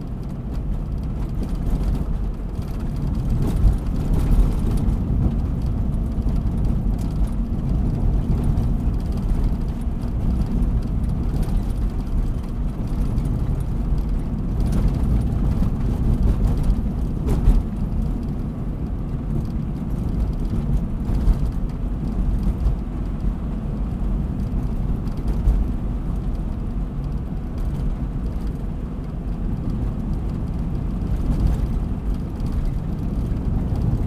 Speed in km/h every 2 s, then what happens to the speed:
55, 54, 56, 57, 58, 58, 58, 58, 59, 60, 60, 61, 60, 61, 61, 62, 61.
0-34 steady at about 59.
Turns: none.